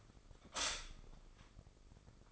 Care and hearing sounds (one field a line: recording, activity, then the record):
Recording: daily activity, microphone in the room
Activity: stop toaster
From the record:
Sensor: 5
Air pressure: 995.4 hPa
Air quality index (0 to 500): 108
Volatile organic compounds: 8 ppm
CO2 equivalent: 2084 ppm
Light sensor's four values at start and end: 35/84/34/34 and 35/83/34/34